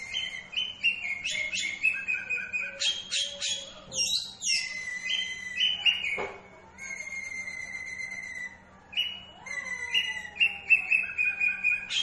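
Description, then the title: Oriental magpie-robin song, sustained whistles alternating with quick chattering bursts, a steady low hum in the background. Two Oriental magpie-robins (kacer) of different character, fired up and singing against each other in full bursts. "Kacer Langsung Tarung Konslet KACER NGOTOT FULL TEMBAKAN. Dua Kacer Berbeda Karakter"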